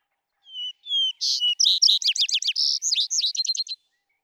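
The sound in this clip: Vesper sparrow song with two whistled notes, then a long, tumbling series of quick, sweet trilled phrases, nothing else audible.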